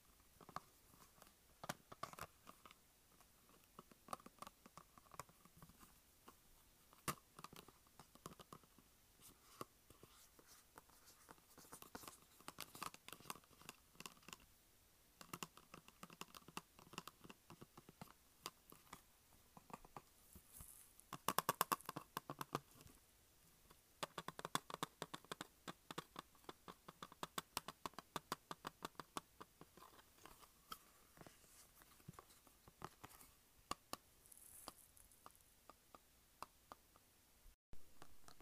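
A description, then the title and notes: Tapping and scratching on a makeup palette: a steady run of dry clicks and light scrapes, irregular but dense throughout. Louder bursts of scratching cluster around 21 and 25 seconds, with brief quieter gaps near 15 and 24 seconds. Tapping and scratching makeup pallet.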